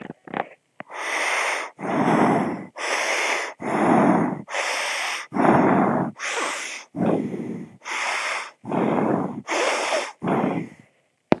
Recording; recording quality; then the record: shallow breathing; excellent, no background noise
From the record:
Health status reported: exposed to COVID-19, no respiratory illness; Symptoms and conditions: cough, fever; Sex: male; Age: 51 years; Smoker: not ticked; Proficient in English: yes